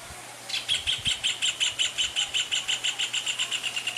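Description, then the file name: Rufous hornero song: a rapid chain of bright, strident notes starting after half a second and continuing to the end, over a faint hum. "canto do joao de barro"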